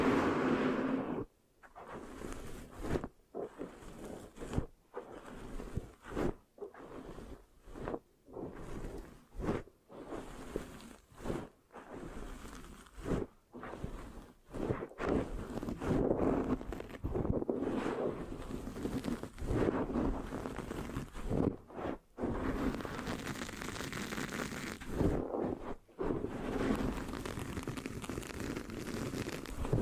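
Mic scratching with sticky, rasping strokes repeats steadily, broken by brief near-silent gaps every second or so, with louder dense stretches later.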